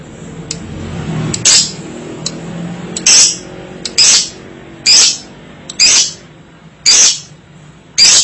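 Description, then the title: Lovebird making harsh, noisy screeches about once a second, each short and rasping, with softer clicks in between. Training audio for juvenile and young lovebirds. "MASTERAN KHUSUS UNTUK LOVEBIRD PAUD DAN MUDA"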